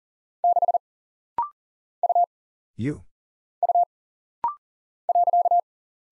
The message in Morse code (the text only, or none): 6 U U .